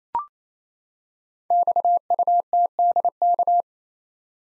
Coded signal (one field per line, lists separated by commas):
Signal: Morse code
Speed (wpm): 27 wpm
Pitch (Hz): 700 Hz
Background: none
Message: XUTDK